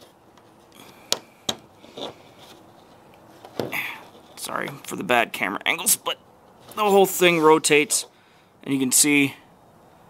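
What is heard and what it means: The blade assembly of a transformable prop scythe is rotated so its cam locks into the handle lock, which keeps the blade from moving up and down and somewhat left and right. Two sharp knocks are heard at 1.1 s and 1.5 s as it locks into place, followed by someone talking.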